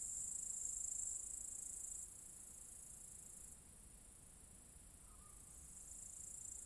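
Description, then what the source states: Cicadas produce a steady high-pitched sizzling drone, softening in steps around two and three and a half seconds, then swelling slightly at the end. Several cicadas in an apple tree orchard at Zalensų Sodybos, Lithuania, recorded 23 August 2015.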